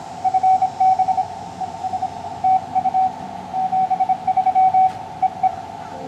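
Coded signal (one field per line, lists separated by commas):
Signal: Morse code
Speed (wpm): 26 wpm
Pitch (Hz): 750 Hz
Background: radio noise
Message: FB ES TU 73 EE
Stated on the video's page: Live QRP Morse at about 17 WPM in a park, sent on a Xiegu X6100 at 5 watts into a home-made antenna.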